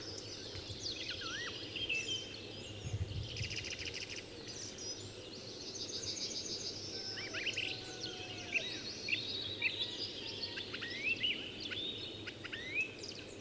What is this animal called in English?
Western Roe Deer